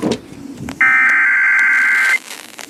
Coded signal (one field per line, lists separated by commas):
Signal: Emergency Alert System (SAME) tones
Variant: header bursts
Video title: MAINE MERRIMENT II... Severe Weather EAS Alerts from July 13-20th, 2024 (EAS #1,167-1,244)